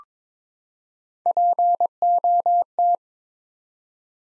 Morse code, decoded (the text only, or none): POT